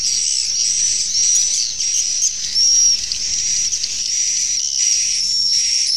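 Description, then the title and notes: Swiftlet twittering, shrill and buzzy, steady throughout, with a faint whistled line and a few thin higher squeaks. Used in swiftlet farming in Asia. "Swiflet Bird Sound. Farming Swiflet Bird asia sound"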